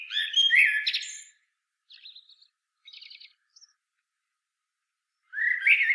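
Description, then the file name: Common blackbird: a loud warbled phrase, a few faint high twittered fragments, then a new fluted phrase at the close. "Turdus merula"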